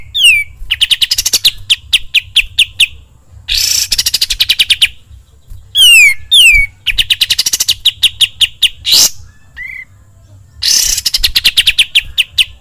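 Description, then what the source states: Sooty-headed bulbul song in fast bursts of clipped falling whistles alternating with harsh, scratchy rushes and short pauses, repeated through the passage. Master training recording, described as luxurious.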